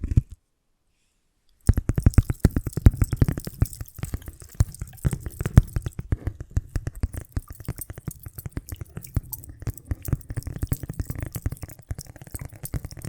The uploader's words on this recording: Invisible Tapping, Scratching, Tracing (No Talking).